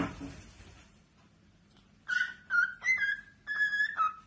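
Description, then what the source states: Cockatiel whistling: after a second of noise, a few short bursts of whistled notes, rising and falling. Cockatiels singing and whistling, more than one bird.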